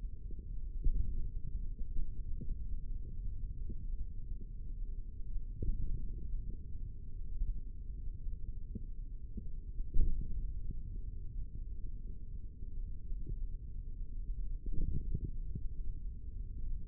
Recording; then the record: forearm muscle sounds (acoustic myography)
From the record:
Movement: index flexion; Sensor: system 3, bracelet of six PUI Audio POM-2738L microphones around the upper forearm, with dedicated amplification and filtering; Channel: 6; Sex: male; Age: 55 years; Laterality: right